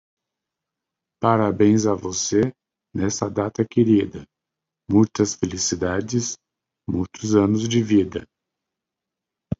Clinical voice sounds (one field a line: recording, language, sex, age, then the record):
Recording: short text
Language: Brazilian Portuguese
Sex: male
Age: 50 to 59 years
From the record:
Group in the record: control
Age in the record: 52 years